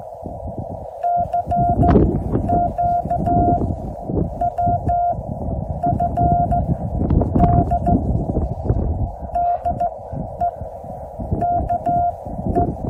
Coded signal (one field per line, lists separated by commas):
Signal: Morse code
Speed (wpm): 14 wpm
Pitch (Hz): 700 Hz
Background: none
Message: CQ WFD DE KE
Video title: City of Rocks State Park, New Mexico - WINTER FIELD DAY!!!